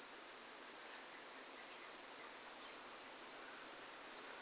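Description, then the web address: Crickets chirping in a dense, continuous high-pitched chorus that stays steady and unbroken throughout, with no other clear sounds. Australian bush, morning. "Australian Nature Sounds - Crickets Tropical Birds Morning Birds Bird Calls"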